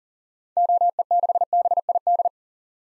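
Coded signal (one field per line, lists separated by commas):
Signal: Morse code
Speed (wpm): 40 wpm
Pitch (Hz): 700 Hz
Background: none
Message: OE6BID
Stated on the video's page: Head-copy practice of common SOTA activator call signs at 40 wpm.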